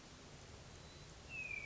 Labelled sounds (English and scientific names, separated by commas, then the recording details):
Hermit Thrush (Catharus guttatus)
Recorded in Sonoma County, California